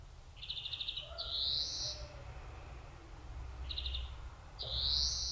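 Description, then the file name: European greenfinch song: a short stuttering trill followed by a long drawn-out wheeze, given twice. "Chloris chloris"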